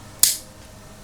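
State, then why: Seated. An action camera, a DJI Osmo Action, is pressed into its original DJI plastic case on a Telesin quick-release neck mount. It gives one sharp snap at 0.2 s, bright in the highs and fading quickly. The camera is seated in the case.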